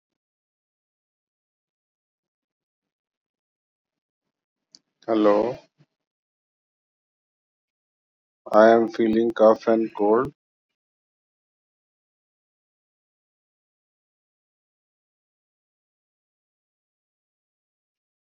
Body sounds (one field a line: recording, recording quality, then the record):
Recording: shallow breathing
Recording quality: poor, much background noise or distortion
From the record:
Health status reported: exposed to COVID-19, no respiratory illness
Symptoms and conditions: cold, fatigue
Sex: male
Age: 51 years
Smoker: no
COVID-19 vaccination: both doses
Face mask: worn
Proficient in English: yes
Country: India